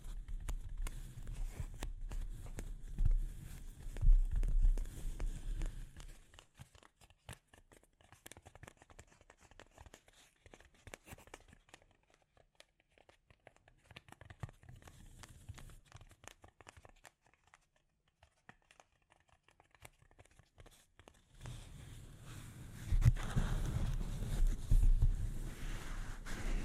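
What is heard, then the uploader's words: Delicate scratching and tapping right against a microphone, dry. Dense rough scratching with a low rumble fills the first six seconds, then thins to sparse light taps and faint rustles, before heavier scratching returns from about 21 seconds to the end. ASMR Delicate Mic Scratching and Tapping Triggers for Instant Sleep (No Talking).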